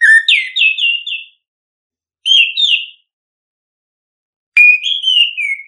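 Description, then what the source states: Bird singing three warbled whistled phrases, each with several bright notes, repeated about every two seconds with silent gaps between. Chirping birdsong intended for training and tutoring favourite pet birds.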